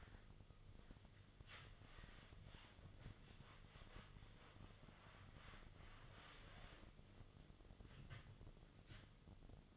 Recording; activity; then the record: daily activity, microphone in the room; wipe stove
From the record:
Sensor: 4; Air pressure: 1005.6 hPa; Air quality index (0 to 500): 109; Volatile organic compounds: 3 ppm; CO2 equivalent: 1364 ppm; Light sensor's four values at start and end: 12/27/10/10 and 12/27/11/10